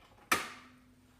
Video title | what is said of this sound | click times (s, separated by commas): How to Fix your Cuisinart SS-10 Keurig Coffee Machine (or any Keurig Machine) | hear that click back in okay | 0.3 s